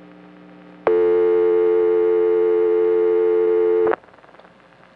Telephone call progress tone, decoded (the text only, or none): dial tone